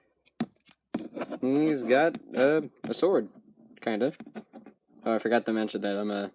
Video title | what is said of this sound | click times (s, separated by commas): Transformers Titans Return deluxe class Skullsmasher & Grax | then fold the foot up, lock it in place, | 0.4 s